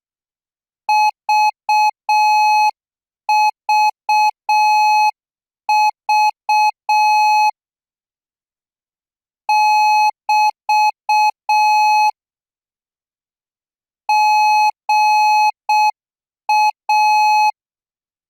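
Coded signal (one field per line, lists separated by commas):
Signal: Morse code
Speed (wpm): 6 wpm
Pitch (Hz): 850 Hz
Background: none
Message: VVV <BT> GA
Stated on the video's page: Thai Morse code training signal at 10 words per minute for first-year military signal students.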